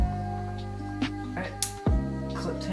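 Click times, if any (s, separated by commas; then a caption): 1.6 s. A PCV hose is pushed onto its fitting on the engine valve cover of a Mk6 VW Golf R with the FSI engine during a PCV valve replacement, with music playing throughout. The hose clip snaps on with a sharp click at 1.6 s, and the hose is seated.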